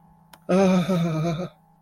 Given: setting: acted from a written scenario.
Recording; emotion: vocal sound without words; distress